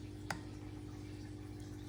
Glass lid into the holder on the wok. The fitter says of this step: nice click here